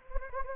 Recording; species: mosquito wingbeat signal from an infrared sensor; Anopheles gambiae